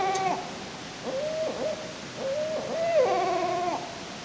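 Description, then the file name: Barred Owl hooting: a short hoot, then two longer hoots, ending in a long hoot with rich overtones. "barred owl 2 by bob pearson"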